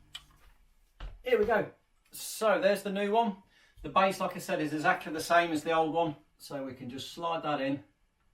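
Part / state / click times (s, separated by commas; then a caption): smoke and carbon monoxide alarm onto its ceiling mounting base / not seated / none. A new Kidde smoke and carbon monoxide alarm is slid onto its ceiling mounting base, which is the same as the old one, and starts to be rotated while someone talks. Two brief sharp ticks come at about 0.2 s and 1.0 s. Nothing has seated or clicked into place yet.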